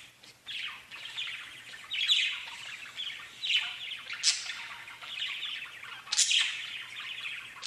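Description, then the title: Budgerigar chatter, scratchy and bubbling, with shrill squeaks popping out every second or two. "Budgie Sounds"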